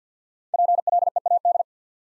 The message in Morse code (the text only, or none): PLEAD